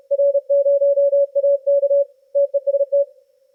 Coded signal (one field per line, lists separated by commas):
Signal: Morse code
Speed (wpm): 33 wpm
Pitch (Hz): 560 Hz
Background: none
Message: R0AK TEST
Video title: Test RX/Noise Level on 20/15/10M with RFI/EMI 2.0 filter and 1:1 Common Mode Choke/Noise Suppression